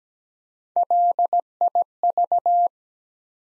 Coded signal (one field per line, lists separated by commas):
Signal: Morse code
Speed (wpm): 17 wpm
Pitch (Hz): 700 Hz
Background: none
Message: LIV